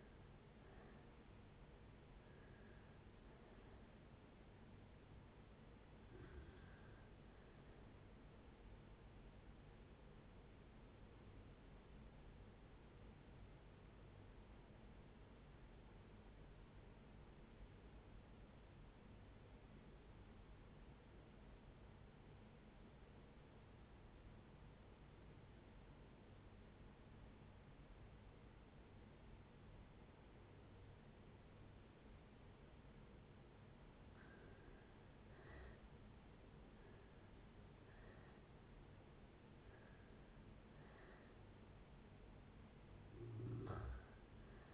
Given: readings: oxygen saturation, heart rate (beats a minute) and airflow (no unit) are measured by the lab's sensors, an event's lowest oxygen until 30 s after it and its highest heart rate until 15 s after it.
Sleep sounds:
breathing in sleep by a voice recorder at the bedside; 1
17.00-36.10 s: obstructive apnea (REM, oxygen 92% highest, then 76% lowest, heart rate 67 at the start, 75 highest)
From the record:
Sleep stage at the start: REM sleep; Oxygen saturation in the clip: 66 to 92%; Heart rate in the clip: 60 to 81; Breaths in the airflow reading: 7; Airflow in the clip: -8.8 to 7.7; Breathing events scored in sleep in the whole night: 496 in 5.4 hours asleep

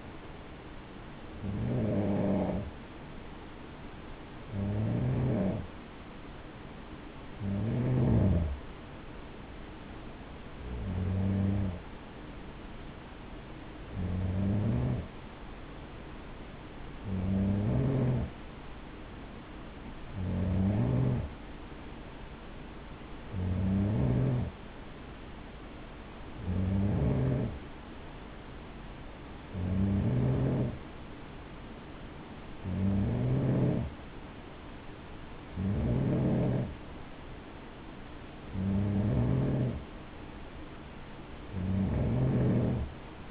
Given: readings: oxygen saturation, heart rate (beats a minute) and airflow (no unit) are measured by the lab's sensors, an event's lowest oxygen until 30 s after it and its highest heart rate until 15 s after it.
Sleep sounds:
breathing in sleep by a voice recorder at the bedside; none
none scored
From the record:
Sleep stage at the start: N3 (deep sleep); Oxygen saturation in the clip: 92 to 94%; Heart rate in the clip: 56 to 60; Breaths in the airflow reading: 14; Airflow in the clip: -6.3 to 5.6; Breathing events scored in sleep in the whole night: 216 in 7.0 hours asleep

